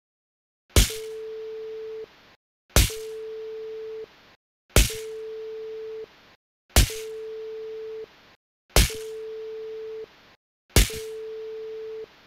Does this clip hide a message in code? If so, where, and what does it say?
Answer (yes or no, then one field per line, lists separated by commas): no